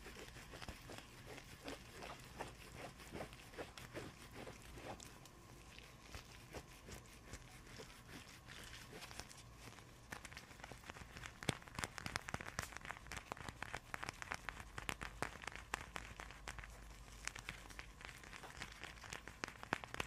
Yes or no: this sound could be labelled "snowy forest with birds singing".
no